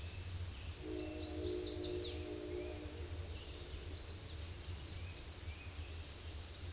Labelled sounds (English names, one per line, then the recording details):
Chestnut-sided Warbler song
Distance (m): 45 m
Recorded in a Pennsylvania forest on 18 May 2023 at 08:56
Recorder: AudioMoth, point grid1_18_low
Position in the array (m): 182 m, 138 m